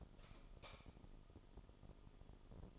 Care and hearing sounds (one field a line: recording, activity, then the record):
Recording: daily activity, microphone in the room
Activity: light off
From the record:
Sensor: 5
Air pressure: 988.5 hPa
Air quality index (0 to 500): 211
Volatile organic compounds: 99 ppm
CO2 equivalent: 3748 ppm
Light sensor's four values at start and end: 47/141/55/59 and 45/135/53/56